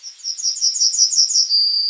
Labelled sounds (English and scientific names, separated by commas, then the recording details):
Yellowhammer (Emberiza citrinella) song
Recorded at under 5 m from the bird
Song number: 042